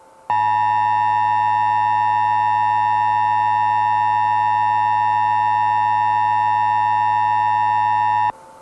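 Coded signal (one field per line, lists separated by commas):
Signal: Emergency Alert System (SAME) tones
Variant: 853 and 960 Hz attention tone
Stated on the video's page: Fictional analog-horror EAS scenario.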